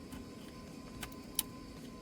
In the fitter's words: You heard that click? It means it's removed.